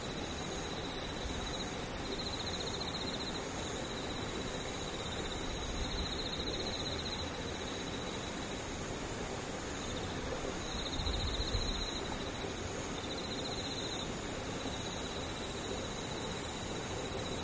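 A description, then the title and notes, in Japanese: Rain falls steadily as a dense, even hiss through the whole clip. Above it, insects and cicadas hold a thin, high drone that grows louder in stretches around 2–7 and 10–14 seconds. Overall loudness barely changes. 雨ムシセミ無音。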